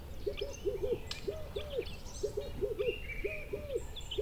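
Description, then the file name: Birds calling: low hooting notes repeated in quick groups throughout, with thin high chirps and whistles from other birds in the background. Country birds calling. "country birds call"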